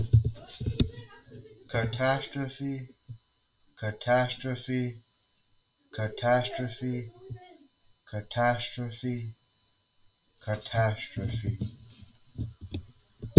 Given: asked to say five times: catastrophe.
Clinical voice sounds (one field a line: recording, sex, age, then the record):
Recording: repeated word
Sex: male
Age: 30 to 39 years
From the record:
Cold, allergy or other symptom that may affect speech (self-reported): no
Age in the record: 36 years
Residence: Texas, United States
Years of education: 15